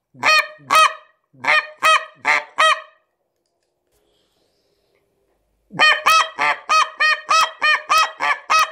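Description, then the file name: Canada goose calling in harsh honks, a short run of six, a quiet gap, then a fast steady series of about a dozen honks. "канадская-казарка"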